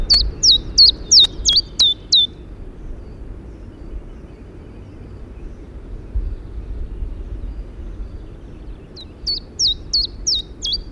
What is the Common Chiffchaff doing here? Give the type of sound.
song